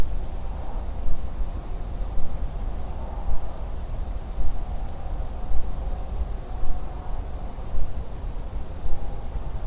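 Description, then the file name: Great green bush-cricket stridulating in a continuous shrill buzz that wavers gently in strength, with low rumbling noise beneath. Recorded on 6 September 2016. "Grande Sauterelle verte 2016-09-06"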